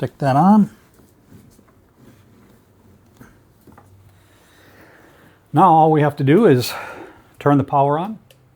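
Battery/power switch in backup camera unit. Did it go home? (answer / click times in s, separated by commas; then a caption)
no / none. Someone talks while handling the battery/power switch in an AUTO-VOX backup camera unit, getting ready to turn the power on. Between the speech there are only faint handling noises and soft rubbing. Nothing has seated or clicked yet; the clip ends before the part goes home.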